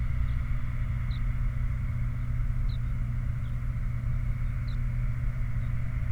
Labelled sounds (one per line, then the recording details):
songbird
vehicle
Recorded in the Prudhoe Bay oil fields, Alaska, on 29 July 2019 at 04:03
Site 29